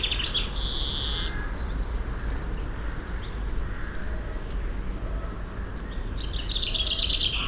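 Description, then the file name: European greenfinch calling: one long nasal wheeze early on, then quick twittering notes near the end, with a continuous low background rumble. "Chloris chloris"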